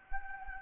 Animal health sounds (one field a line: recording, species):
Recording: mosquito wingbeat signal from an infrared sensor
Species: Anopheles gambiae